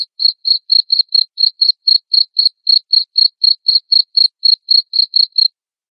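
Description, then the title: Cricket chirping, a steady series of short, high, pure chirps about four per second for five seconds, then silence; nothing else audible. Loud cricket chirping (ngerik) played to make lovebirds sing (ngekek) continuously. "Suara JANGKRIK NGERIK Keras Bikin LOVEBIRD Jadi NGEKEK Terus Vubey"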